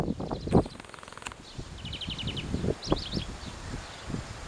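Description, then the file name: European greenfinch giving a short burst of rapid, trilled notes, then a few higher chirps, over loud crackling and rustling noise. "Chloris chloris"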